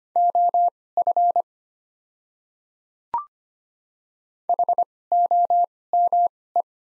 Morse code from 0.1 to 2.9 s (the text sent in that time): OF